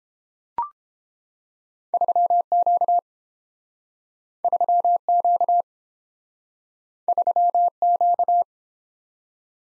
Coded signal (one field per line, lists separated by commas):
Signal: Morse code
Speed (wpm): 30 wpm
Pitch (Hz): 700 Hz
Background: none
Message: 3Q 3Q 3Q